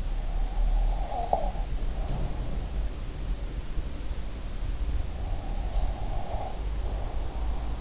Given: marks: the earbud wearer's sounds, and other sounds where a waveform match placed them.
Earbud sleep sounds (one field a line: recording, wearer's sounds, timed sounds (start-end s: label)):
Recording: sounds in sleep by an in-ear microphone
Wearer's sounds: breath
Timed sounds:
0.51-2.83 s: breath
5.48-7.81 s: breath